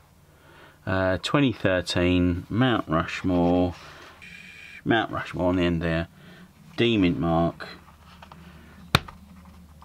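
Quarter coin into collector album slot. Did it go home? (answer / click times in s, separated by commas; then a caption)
yes / 9.0 s. A 2013 Mount Rushmore D quarter is pushed into its slot in a collector coin album. Someone talks over a quiet background, then the quarter clicks as it seats at 8.9 seconds, a single sharp, bright snap. It is seated in the album slot.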